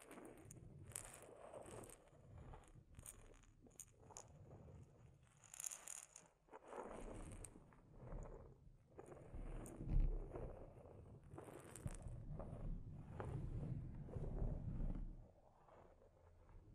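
Close, delicate scratching and tapping on a microphone, irregular rustles with bright crisp edges, a low thump near ten seconds.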